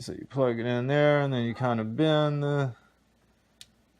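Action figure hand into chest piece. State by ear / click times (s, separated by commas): seated / 3.6 s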